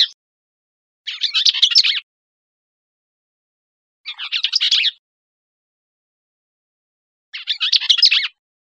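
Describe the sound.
Bell's vireo singing rapid, scratchy, jumbled chattering phrases, each about a second long, repeated every three seconds with silence between.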